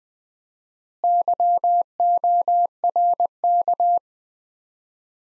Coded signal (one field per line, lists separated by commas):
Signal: Morse code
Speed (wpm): 21 wpm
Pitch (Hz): 700 Hz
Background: none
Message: YORK